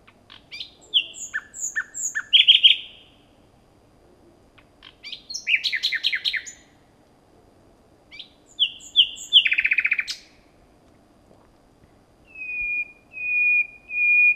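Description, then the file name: Common nightingale singing several varied phrases separated by pauses, mixing repeated chirps, dense buzzy trills and a closing series of steady pure whistles. "Luscinia megarhynchos"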